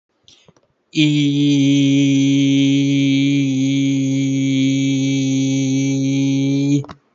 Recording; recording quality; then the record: sustained vowel as in beet; excellent, no background noise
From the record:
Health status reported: healthy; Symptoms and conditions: none ticked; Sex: male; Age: 26 years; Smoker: not ticked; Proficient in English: yes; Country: India